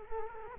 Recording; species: mosquito wingbeat signal from an infrared sensor; Culex quinquefasciatus